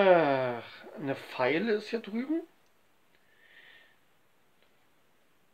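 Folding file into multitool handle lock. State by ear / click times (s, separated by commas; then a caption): not seated / none. Someone talks while handling the metal file being folded into the lock of a multitool handle. Speech fills the first two and a half seconds, followed by a faint hiss and two tiny ticks near 3.2 and 4.6 seconds. The clip ends before the part goes home, and nothing has seated or clicked yet.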